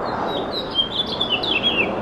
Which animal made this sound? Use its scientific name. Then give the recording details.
Haemorhous mexicanus. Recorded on Long Island, New York, on 18 June 2012. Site BA. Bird C